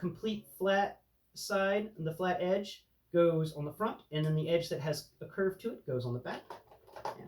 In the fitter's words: boom that piece is just snips into place real easy